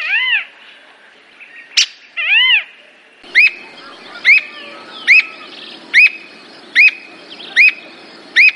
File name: canto da alma de gato